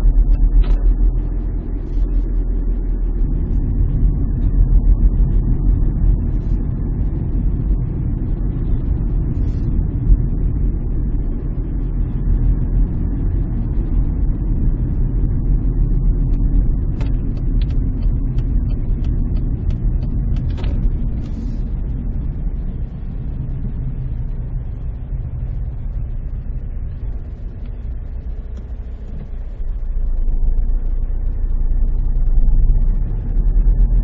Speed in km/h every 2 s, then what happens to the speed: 31, 30, 32, 32, 31, 31, 32, 29, 28, 26, 18, 12, 10, 8, 6, 11, 20.
0-12 steady at about 31. 12-27 slows to 6. 27-34 speeds up to 20.